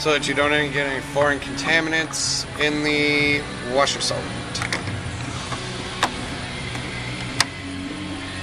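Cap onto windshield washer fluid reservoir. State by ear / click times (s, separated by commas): seated / 7.4 s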